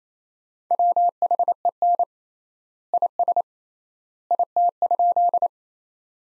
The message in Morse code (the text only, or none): WHEN IS IT?